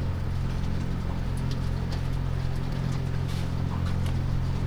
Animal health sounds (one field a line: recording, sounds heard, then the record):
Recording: poultry house recording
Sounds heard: sick chickens (respiratory disease)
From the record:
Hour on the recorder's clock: 1